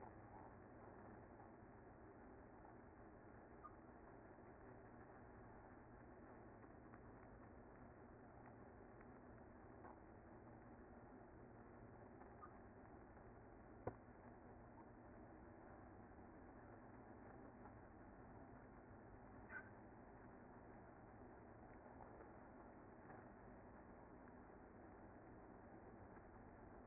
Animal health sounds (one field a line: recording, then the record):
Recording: honeybee colony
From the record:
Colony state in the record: active